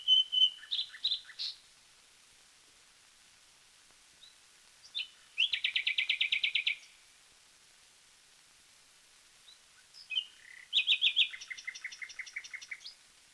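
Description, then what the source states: Common nightingale song: three phrases of whistles and rapid repeated notes, separated by pauses. From a 1936 disc of wild bird songs, side A.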